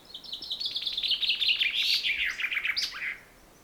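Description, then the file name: Common chaffinch song, a rapid series of sweet chipping notes descending steadily and finishing with a short emphatic flourish. "Fringilla coelebs"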